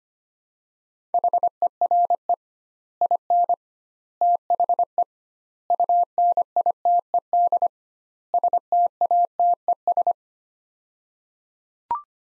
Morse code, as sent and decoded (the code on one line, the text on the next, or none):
.... . .-. . / .. -. / - .... . / ..- -. .. - . -.. / ... - .- - . ...
HERE IN THE UNITED STATES